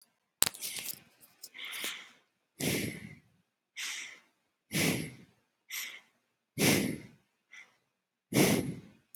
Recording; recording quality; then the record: shallow breathing; excellent, no background noise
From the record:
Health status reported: healthy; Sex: male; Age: 24 years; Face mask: not worn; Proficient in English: yes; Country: United States